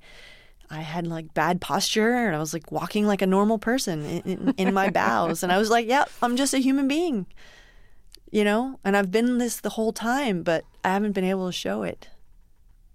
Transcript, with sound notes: And I had, like, bad posture. And I was, like, walking like a normal person in my bows.
(Laughter).
And I was like, yeah, I'm just a human being, you know. And I've been this the whole time, but I haven't been able to show it.